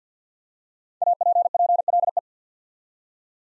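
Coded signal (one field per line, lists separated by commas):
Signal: Morse code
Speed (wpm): 50 wpm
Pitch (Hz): 700 Hz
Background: none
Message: APPLE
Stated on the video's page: Morse practice at 50 wpm: easy words, each with a context hint for copying.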